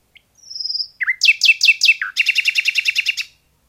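Common nightingale song: a thin high whistle, then a few sharp descending notes, followed by a fast rapid trill of repeated chirps; background silent.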